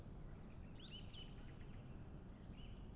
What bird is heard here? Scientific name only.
Turdus philomelos